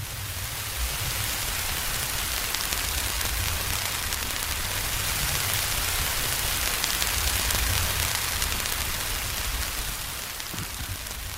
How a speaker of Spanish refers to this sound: No son interferencias en vuestro aparato de radio. Son sonidos que vienen de muy lejos. Es el sonido del sol. Concretamente, el sonido de una tormenta solar.